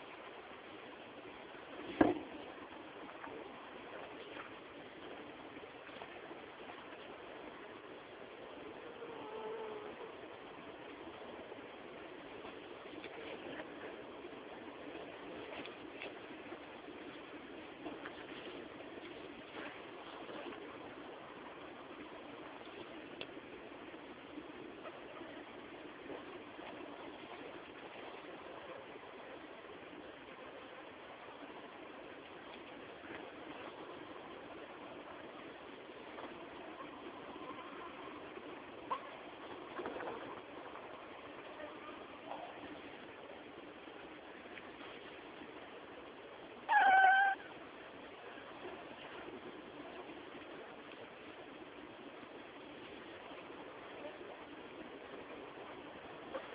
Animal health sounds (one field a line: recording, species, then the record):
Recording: mosquito flight sound by mobile phone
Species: Anopheles dirus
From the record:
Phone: Samsung T209